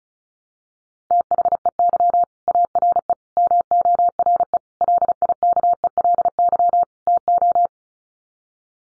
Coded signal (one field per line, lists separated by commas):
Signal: Morse code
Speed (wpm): 34 wpm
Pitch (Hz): 700 Hz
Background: none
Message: THEY ARE MORE LIKELY TO